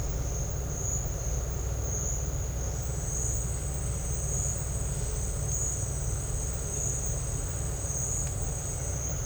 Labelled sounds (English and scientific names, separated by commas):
none